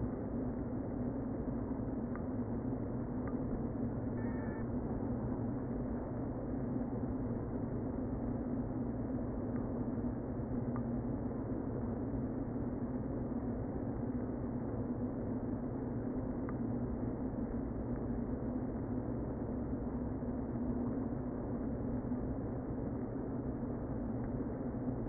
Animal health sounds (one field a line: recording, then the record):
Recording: honeybee colony, microphone inside the hive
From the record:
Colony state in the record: queen present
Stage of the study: before two queens were removed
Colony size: about 60,000 bees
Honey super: yes